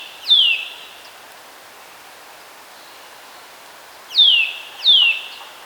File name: Sitta europaea